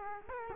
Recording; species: mosquito wingbeat signal from an infrared sensor; Culex quinquefasciatus